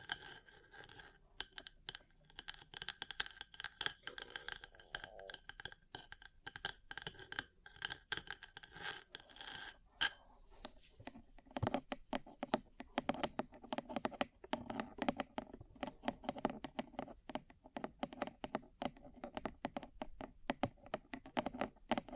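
Quick, dense tapping and scratching on ear-cleaning and massage tools, with rapid clicks packed closely throughout. The first ten seconds carry a bright, rustling brush-like texture; after a brief pause near ten seconds, the taps turn lower and thicker with a softer, muffled body.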